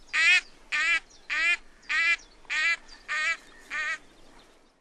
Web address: Canard chipeau